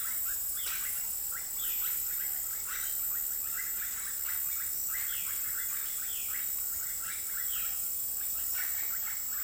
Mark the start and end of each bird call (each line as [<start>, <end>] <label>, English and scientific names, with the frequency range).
[0.42, 7.93] Violaceous Jay (Cyanocorax violaceus) (2.1-4.1 kHz)